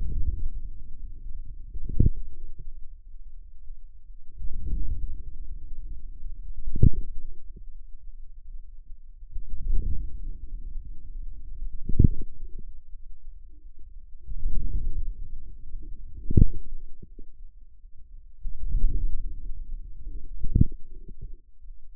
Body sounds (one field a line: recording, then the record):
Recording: forearm muscle sounds (acoustic myography)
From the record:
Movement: outward rotation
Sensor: system 2, bracelet of six BSWA MPA416 microphones around the upper forearm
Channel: 5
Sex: female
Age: 23 years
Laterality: right